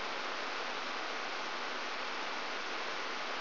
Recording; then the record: brain microelectrode recording played as sound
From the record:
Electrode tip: outside the subthalamic nucleus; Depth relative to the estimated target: 3.5 mm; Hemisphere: right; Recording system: AlphaMap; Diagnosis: Parkinson's disease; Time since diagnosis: 20 years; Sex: female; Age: 65 years